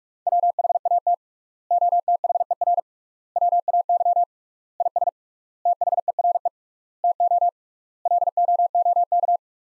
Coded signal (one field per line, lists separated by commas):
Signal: Morse code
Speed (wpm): 47 wpm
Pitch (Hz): 700 Hz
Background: none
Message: WHAT OTHER WAY IS THERE TO LOOK